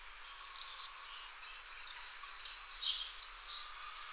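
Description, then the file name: Common swift calls, a sustained stream of piercing, high-pitched arched screams with slight pitch dips, running almost without pause. "Falciot Cant"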